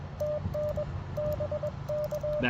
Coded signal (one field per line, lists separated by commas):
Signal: Morse code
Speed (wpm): 21 wpm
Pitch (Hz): 600 Hz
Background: none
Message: TN BK